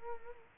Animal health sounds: mosquito wingbeat signal from an infrared sensor; Culex quinquefasciatus

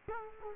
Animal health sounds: mosquito wingbeat signal from an infrared sensor; Culex quinquefasciatus

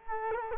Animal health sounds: mosquito wingbeat signal from an infrared sensor; Culex quinquefasciatus

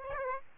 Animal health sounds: mosquito wingbeat signal from an infrared sensor; Aedes aegypti

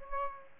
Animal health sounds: mosquito wingbeat signal from an infrared sensor; Aedes aegypti

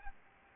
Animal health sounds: mosquito wingbeat signal from an infrared sensor; Aedes aegypti

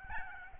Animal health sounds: mosquito wingbeat signal from an infrared sensor; Aedes albopictus

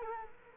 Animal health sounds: mosquito wingbeat signal from an infrared sensor; Culex quinquefasciatus

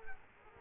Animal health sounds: mosquito wingbeat signal from an infrared sensor; Culex quinquefasciatus

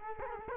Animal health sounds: mosquito wingbeat signal from an infrared sensor; Culex quinquefasciatus

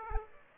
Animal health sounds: mosquito wingbeat signal from an infrared sensor; Aedes aegypti

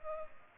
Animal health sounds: mosquito wingbeat signal from an infrared sensor; Culex pipiens

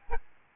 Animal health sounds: mosquito wingbeat signal from an infrared sensor; Aedes albopictus

